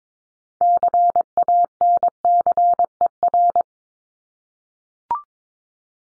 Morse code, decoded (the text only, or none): CANCER